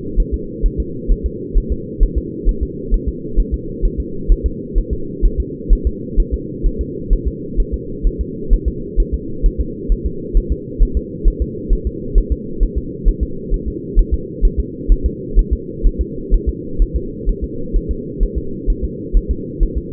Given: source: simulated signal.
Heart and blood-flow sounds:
fetal heart sounds
0.20 s: S1
0.34 s: S2
0.66 s: S1
0.80 s: S2
1.12 s: S1
1.26 s: S2
1.57 s: S1
1.72 s: S2
2.03 s: S1
2.18 s: S2
2.49 s: S1
2.63 s: S2
2.94 s: S1
3.08 s: S2
3.39 s: S1
3.54 s: S2
3.85 s: S1
4.00 s: S2
4.32 s: S1
4.46 s: S2
4.78 s: S1
4.93 s: S2
5.25 s: S1
5.40 s: S2
5.73 s: S1
5.87 s: S2
6.20 s: S1
6.34 s: S2
6.66 s: S1
6.81 s: S2
7.13 s: S1
7.28 s: S2
7.60 s: S1
7.74 s: S2
8.07 s: S1
8.21 s: S2
8.53 s: S1
8.68 s: S2
9.00 s: S1
9.14 s: S2
9.46 s: S1
9.61 s: S2
9.92 s: S1
10.06 s: S2
10.37 s: S1
10.52 s: S2
10.82 s: S1
10.97 s: S2
11.28 s: S1
11.42 s: S2
11.73 s: S1
11.87 s: S2
12.18 s: S1
12.32 s: S2
12.63 s: S1
12.78 s: S2
13.08 s: S1
13.23 s: S2
13.54 s: S1
13.68 s: S2
13.99 s: S1
14.14 s: S2
14.45 s: S1
14.60 s: S2
14.92 s: S1
15.06 s: S2
15.39 s: S1
15.53 s: S2
15.86 s: S1
16.01 s: S2
16.34 s: S1
16.49 s: S2
16.82 s: S1
16.96 s: S2
17.29 s: S1
17.44 s: S2
17.76 s: S1
17.91 s: S2
18.23 s: S1
18.38 s: S2
18.70 s: S1
18.84 s: S2
19.17 s: S1
19.31 s: S2
19.63 s: S1
19.77 s: S2
From the record:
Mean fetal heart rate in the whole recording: 130 bpm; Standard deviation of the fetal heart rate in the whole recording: 2 bpm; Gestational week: 38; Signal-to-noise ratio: -4.3 dB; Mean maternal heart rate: 72 bpm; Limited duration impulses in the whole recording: absent

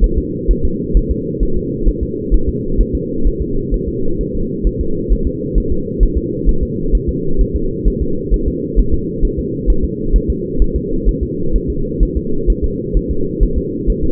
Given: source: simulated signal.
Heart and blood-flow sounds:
fetal heart sounds
0.04 s: S1
0.18 s: S2
0.51 s: S1
0.65 s: S2
0.97 s: S1
1.11 s: S2
1.43 s: S1
1.57 s: S2
1.88 s: S1
2.03 s: S2
2.34 s: S1
2.49 s: S2
2.80 s: S1
2.95 s: S2
3.27 s: S1
3.42 s: S2
3.74 s: S1
3.88 s: S2
4.21 s: S1
4.35 s: S2
4.67 s: S1
4.81 s: S2
5.12 s: S1
5.27 s: S2
5.58 s: S1
5.72 s: S2
6.03 s: S1
6.17 s: S2
6.49 s: S1
6.63 s: S2
6.95 s: S1
7.09 s: S2
7.41 s: S1
7.56 s: S2
7.88 s: S1
8.02 s: S2
8.34 s: S1
8.48 s: S2
8.79 s: S1
8.94 s: S2
9.25 s: S1
9.39 s: S2
9.70 s: S1
9.84 s: S2
10.16 s: S1
10.30 s: S2
10.62 s: S1
10.76 s: S2
11.08 s: S1
11.23 s: S2
11.56 s: S1
11.70 s: S2
12.03 s: S1
12.17 s: S2
12.50 s: S1
12.64 s: S2
12.97 s: S1
13.11 s: S2
13.43 s: S1
13.58 s: S2
13.90 s: S1
14.04 s: S2
From the record:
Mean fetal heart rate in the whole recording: 130 bpm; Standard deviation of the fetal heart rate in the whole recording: 2 bpm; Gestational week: 36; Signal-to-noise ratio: -8.1 dB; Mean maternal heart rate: 72 bpm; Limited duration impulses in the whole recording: absent

